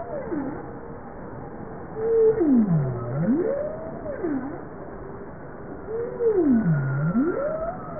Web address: Bowhead